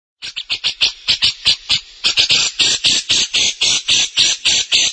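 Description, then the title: Grey-cheeked bulbul giving quick, scratchy repeated notes, roughly four per second, steady and loud throughout. "CUCAK JENGGOT"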